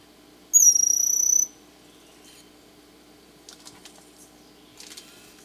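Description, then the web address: Bronze-olive pygmy-tyrant song: one high, thin, buzzy trill lasting about a second, then faint scattered clicks and rustles in a quiet background. Recorded in Ecuador. "Natures Songs S America Birds of Ecuador Bronze-Olive Pygmy-Tyrant"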